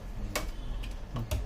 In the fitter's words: ஒரு லாக் ஆயிடுச்சு